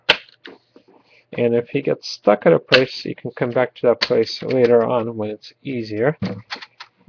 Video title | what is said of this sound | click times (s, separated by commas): Toshiba Satellite P845 Laptop Screen Replacement Procedure | and just go around the screen snapping it off. | 0.1 s, 0.5 s